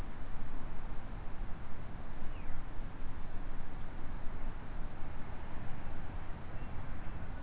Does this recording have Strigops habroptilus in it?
no